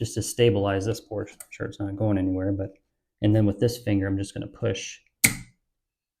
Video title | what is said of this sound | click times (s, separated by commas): How To Quickly Fix A Running Toilet! | and hear it click like that | 5.2 s